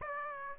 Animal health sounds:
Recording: mosquito wingbeat signal from an infrared sensor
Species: Aedes aegypti

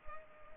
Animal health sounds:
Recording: mosquito wingbeat signal from an infrared sensor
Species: Culex pipiens

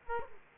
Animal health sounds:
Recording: mosquito wingbeat signal from an infrared sensor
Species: Culex quinquefasciatus

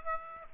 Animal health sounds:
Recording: mosquito wingbeat signal from an infrared sensor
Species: Aedes aegypti

